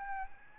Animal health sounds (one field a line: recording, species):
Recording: mosquito wingbeat signal from an infrared sensor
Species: Aedes albopictus